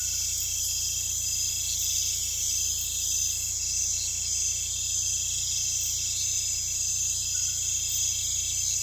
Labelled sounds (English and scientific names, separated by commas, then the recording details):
none
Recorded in pastures near Puerto Asís, Putumayo, Colombia, on 16 December 2024 at 23:00
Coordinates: 0.472, -76.329
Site G072